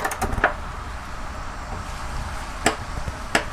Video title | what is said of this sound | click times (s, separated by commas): HOW TO CHANGE ENGINE OIL ON BMW 520i 528i 520xi 528xi 2012 2013 2014 2015 2016 2017 | That's the torque wrench clicking. | 3.4 s